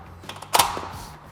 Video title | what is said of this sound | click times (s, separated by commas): Little Giant Conquest All-Terrain Demonstration - Screwfix | again make sure that the hinge is fully seated and locked into place | 0.6 s